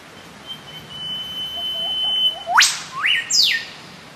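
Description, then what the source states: Eastern whipbird duet: a thin steady whistle rises into a loud whip-crack sweep, answered quickly by two sharp notes from the partner. A pair in an antiphonal call-and-response duet; one gives a long lead-in growing louder then a crack, the other answers, e.g. 'choo choo'; recorded at Limpinwood.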